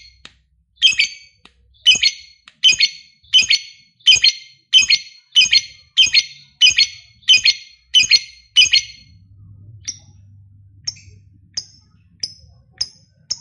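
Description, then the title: Lovebird chirps: a run of sharp, bright, repeated chips, then thinner high notes spaced out over a low hum. Lovebird said to be lazy to sing, becoming eager and singing spontaneously, immediately 'narik' (long continuous song). "LOVEBIRD Malas Bunyi JADI GREGET SPONTAN Langsung NARIK"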